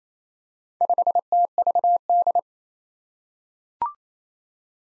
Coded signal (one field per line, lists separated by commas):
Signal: Morse code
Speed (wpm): 28 wpm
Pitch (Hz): 700 Hz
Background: none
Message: 5TVD